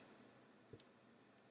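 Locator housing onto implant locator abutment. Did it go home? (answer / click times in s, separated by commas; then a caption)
no / none. A metal locator housing is handled over a block-out spacer toward the locator attachment on an implant abutment in the mouth, during an intraoral locator pickup. Steady low background hiss runs throughout, with one soft, brief low-pitched bump near 0.7 s. The housing has not seated or clicked onto the attachment yet.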